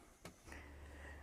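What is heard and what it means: Two lubricated resin mould halves for a cement vase are pushed together so their bolts line up with the holes, giving a sharp click at 0.3 s and a second contact at 0.5 s, followed by a steady low hum. The mould halves seat together just right.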